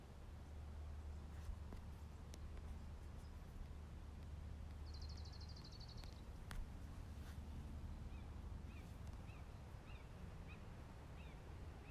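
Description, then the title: Red-shouldered hawk calls, a faint series of short downslurred screams repeated about twice a second, with a buzzy trill earlier and a steady low rumble throughout. Calling high in the sky. "Red shouldered Hawk communicating high in the sky"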